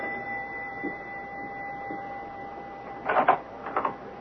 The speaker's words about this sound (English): Listen, the doorbell is ringing.